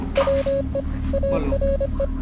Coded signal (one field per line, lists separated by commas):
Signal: Morse code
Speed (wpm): 25 wpm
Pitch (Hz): 550 Hz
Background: none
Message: WE ARE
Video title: MORSE CODE | FROM THE OTHER SIDE | DETECTIVES OF SUPERNATURAL